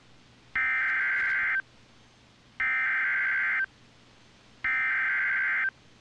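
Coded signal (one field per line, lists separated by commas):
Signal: Emergency Alert System (SAME) tones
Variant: header bursts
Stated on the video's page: Live Cincinnati NOAA Weather Radio during tornado warnings; KIH-42 transmitter repeatedly went off-air.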